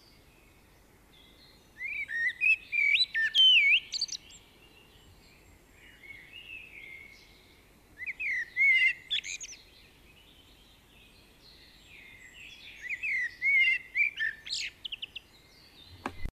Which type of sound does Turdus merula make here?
song